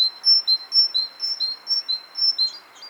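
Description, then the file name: Great tit delivering an unbroken run of paired whistles, a higher note followed by a lower one, repeated evenly about twice a second. "Parus major"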